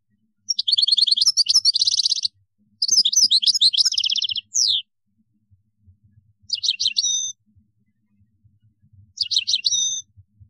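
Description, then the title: European goldfinch singing in short bursts: two rapid twittering phrases, a brief slurred note, then two shorter metallic trills separated by silence; soft low hum in background. "Chant Chardonneret"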